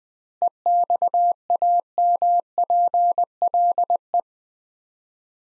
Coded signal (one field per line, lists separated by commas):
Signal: Morse code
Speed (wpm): 20 wpm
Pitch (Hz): 700 Hz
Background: none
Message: EXAMPLE